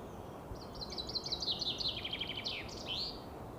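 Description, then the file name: Common chaffinch delivering one complete song, a rapid series of descending chirps ending in a flourish. Soft background noise. "Fringilla coelebs"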